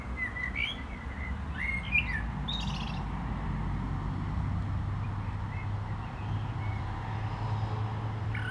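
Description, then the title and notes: Common blackbird gives brief fluty phrases with a squeaky flourish in the first few seconds, over constant low traffic noise. Singing in a barranco at Agaete, Las Palmas, Spain, with cars on a nearby road; recorded with DPA 2006c microphones in AB position into a MixPre-3. "Agaete, Las Palmas, Espagne - Blackbird singing in the barranco. Un merle chante dans le barranco, voitures sur la route pas loin"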